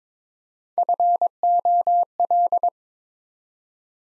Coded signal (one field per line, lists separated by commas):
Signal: Morse code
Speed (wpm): 22 wpm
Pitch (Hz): 700 Hz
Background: none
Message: FOL